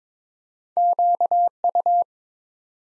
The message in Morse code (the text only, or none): QU